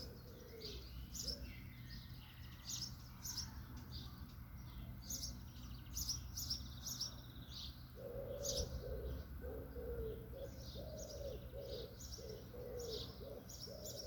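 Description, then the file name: Birds singing: high, thin chirps and twittering phrases throughout, with lower repeated notes mostly in the second half, over a steady low rumble. Birds singing in a natural setting. "Singing Birds Nature Atmo"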